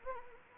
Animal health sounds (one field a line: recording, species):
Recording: mosquito wingbeat signal from an infrared sensor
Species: Anopheles arabiensis